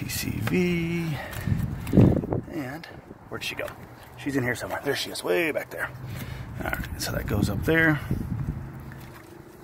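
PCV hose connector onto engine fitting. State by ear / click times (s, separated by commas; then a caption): seated / 8.9 s. A PCV hose quick-connector at the back of a Silverado/Sierra engine, during an oil pressure switch replacement, is pushed up into place onto its engine fitting while someone talks. One short click is heard at 8.9 s, and the connector is seated.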